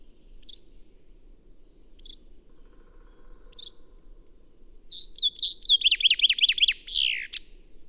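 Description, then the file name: Common chaffinch giving three short sharp high notes spaced over a few seconds, then a full song of rapid falling trill ending in a downward flourish. "Fringilla coelebs"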